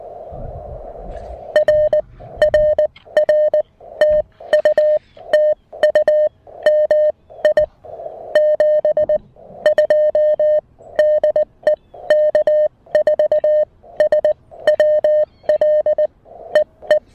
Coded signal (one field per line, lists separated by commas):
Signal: Morse code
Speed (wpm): 20 wpm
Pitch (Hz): 590 Hz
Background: music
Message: RRR TU TU MI 72 DE K4SWL EE